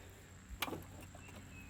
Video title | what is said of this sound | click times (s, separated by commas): Yarbo 2023 Mower Module Install - Ultrasonic Wire, Rear Bumper, and M1 Module | oh there was a click | 0.6 s